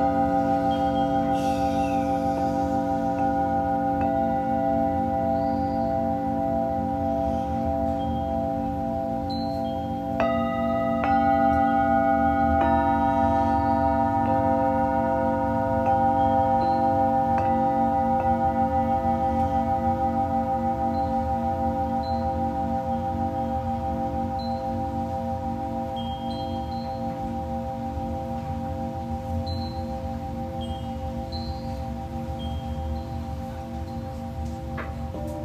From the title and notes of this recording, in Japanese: シンギングボウルのサウンドヒーリング。チベタンシンギングボウル。